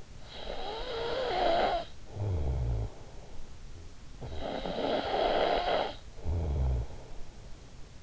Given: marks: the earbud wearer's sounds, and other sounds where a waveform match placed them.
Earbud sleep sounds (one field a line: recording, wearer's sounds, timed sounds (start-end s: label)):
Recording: sounds in sleep by an in-ear microphone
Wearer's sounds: snoring breath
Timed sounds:
0.00-3.71 s: snoring breath
3.88-7.65 s: snoring breath